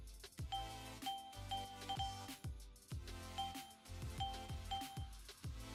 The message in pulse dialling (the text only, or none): none